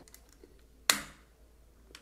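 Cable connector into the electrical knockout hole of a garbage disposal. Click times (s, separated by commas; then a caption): 0.9 s. A threaded metal cable connector is set into the electrical knockout hole of a garbage disposal and turned counterclockwise. At 0.9 s the thread start drops into place with a single sharp, bright click that rings briefly, surrounded by faint small ticks. The connector is seated in thread alignment, not yet tightened.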